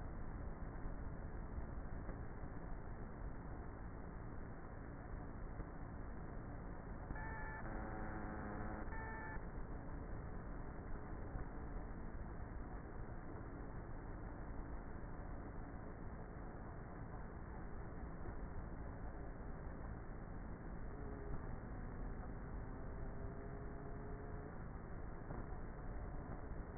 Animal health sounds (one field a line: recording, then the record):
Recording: honeybee colony, microphone inside the hive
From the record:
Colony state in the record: queenless with a low population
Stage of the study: before two queens were removed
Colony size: about 30,000 bees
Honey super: no